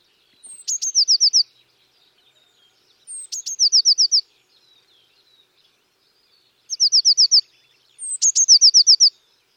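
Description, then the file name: Eurasian Blue Tit calling: a thin high note followed by a quick trill of several notes, given in four bursts spaced irregularly. "Cyanistes caeruleus"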